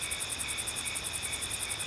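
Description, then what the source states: Crickets chirping: rapid high-pitched pulses over a steady insect hum. Ambience of crickets.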